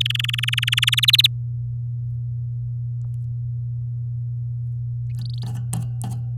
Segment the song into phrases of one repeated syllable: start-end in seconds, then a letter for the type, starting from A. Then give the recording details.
0.00-1.00 A, 1.02-1.27 B, 5.17-5.48 C. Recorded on 6 May 2018 at 16:04. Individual llb16